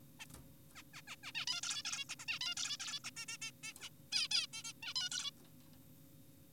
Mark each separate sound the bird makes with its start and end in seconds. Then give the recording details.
0.20-0.25, 0.76-0.83, 0.94-1.02, 1.08-1.16, 1.24-1.32, 1.35-1.46, 1.48-1.61, 1.63-1.83, 1.85-2.05, 2.10-2.16, 2.20-2.26, 2.28-2.39, 2.41-2.55, 2.57-2.77, 2.80-2.99, 3.04-3.11, 3.17-3.26, 3.28-3.38, 3.42-3.51, 3.64-3.73, 3.81-3.89, 4.12-4.28, 4.31-4.47, 4.53-4.63, 4.64-4.73, 4.83-4.94, 4.96-5.09, 5.12-5.31. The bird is an adult. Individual g4p5U